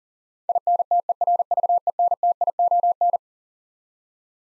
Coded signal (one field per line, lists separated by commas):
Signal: Morse code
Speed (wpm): 40 wpm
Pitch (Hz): 700 Hz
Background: none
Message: INTERVENTION